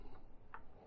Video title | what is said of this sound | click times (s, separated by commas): DJI Mavic Mini Accessories - Unboxing & Review - Charging Base - Prop Holder - Spare Battery | and locks into place like so. | 0.5 s